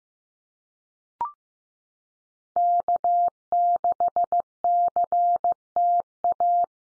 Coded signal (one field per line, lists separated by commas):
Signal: Morse code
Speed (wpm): 15 wpm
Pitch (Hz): 700 Hz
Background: none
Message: K6CTA